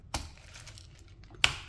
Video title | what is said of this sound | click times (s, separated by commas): Why we upgraded to the Breville Smart Grinder Pro from our Breville Barista Express! | Move that to the locked position, you'll hear a click. | 1.4 s